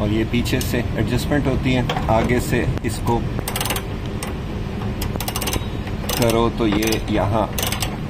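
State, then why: Not seated. During a wheel alignment on a 2006 Mitsubishi Lancer being restored, an adjuster or locking holder on the alignment setup is handled and pushed forward while someone talks. Brief mechanical ticks and rattles sound over a steady low hum, but nothing has seated or clicked into place yet.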